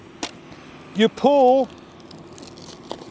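The folding lock tab on the stem of an EC6 electric scooter with a 350W motor is released before the stem is pulled to fold it, giving a single sharp click at 0.2 s. Someone talks briefly after the click, followed by a few faint ticks and another short tick near the end. The tab releases.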